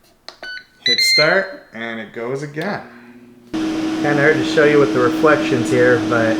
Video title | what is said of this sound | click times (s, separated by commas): Ninja Crispi Unboxing & Demo - PORTABLE AIR FRYER REVIEW | You pop it right back on, you hear that click, | 0.3 s